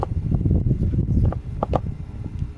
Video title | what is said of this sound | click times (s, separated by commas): Transplanting & Unboxing Garden Must-Haves 🌿 - Small Space Garden Update | It should click. I heard it click. So I think we got it. | 1.6 s, 1.8 s